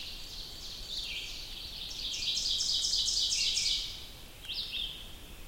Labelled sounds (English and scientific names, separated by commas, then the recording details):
Ovenbird (Seiurus aurocapilla) song
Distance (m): 30 m
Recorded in boreal forest in Alberta, Canada, on 2 June 2016 at 06:33
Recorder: SongMeter 3, array SBT-3-7
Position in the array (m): 49 m, 148 m
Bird 4